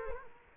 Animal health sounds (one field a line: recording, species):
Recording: mosquito wingbeat signal from an infrared sensor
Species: Culex quinquefasciatus